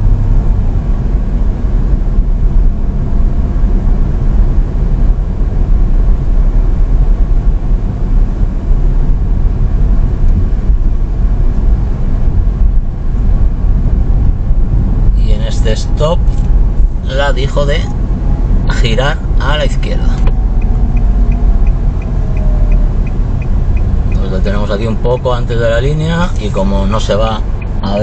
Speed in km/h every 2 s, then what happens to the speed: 26, 29, 28, 27, 26, 27, 25, 27, 27, 25, 20, 18, 11, 0.
0-16 steady at about 27. 16-26 slows to 0.